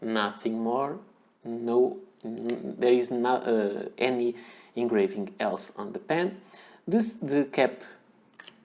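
Someone talks while handling a Reynolds "Purple" fountain pen, bringing its cap toward the pen body. Faint small handling ticks come near the end, around 8.3–8.5 seconds. The clip stops before the cap goes home, so nothing has seated or clicked yet.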